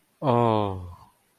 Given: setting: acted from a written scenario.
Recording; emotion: vocal sound without words; romantic love